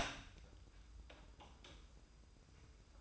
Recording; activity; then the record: daily activity, microphone in the room; open door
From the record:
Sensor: 2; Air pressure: 990.3 hPa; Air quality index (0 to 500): 185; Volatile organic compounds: 1000 ppm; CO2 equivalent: 5871 ppm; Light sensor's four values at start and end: 34/81/33/33 and 34/81/33/33